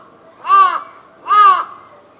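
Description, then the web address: Crow giving two harsh, nasal caws about a second apart, with a faint high insect tone behind. Crow caws in ambience recorded in Tokyo, Japan, with insects in the background. "Lynne Music Amb Tokyo Japan Brid Crow Caws Insects"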